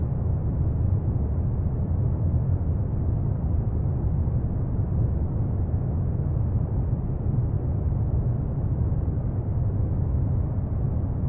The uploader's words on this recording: Brown noise long play.